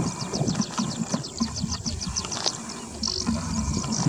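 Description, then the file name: Delicate prinia calling, a rapid series of short, high notes repeated several times a second, over a low rumbling background. "Delicate Prinia 5 Alok"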